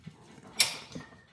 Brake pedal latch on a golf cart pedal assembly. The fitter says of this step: See how it clicks into place?